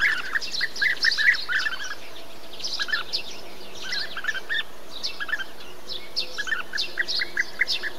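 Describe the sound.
Bee-eater calls: bursts of rolling trilled notes, with quieter stretches between groups of calls.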